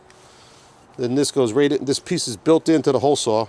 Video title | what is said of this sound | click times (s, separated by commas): Want To See My Van Set Up? | So, that just locks in there like that. | 0.1 s